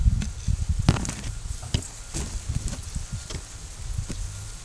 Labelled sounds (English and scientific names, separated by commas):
none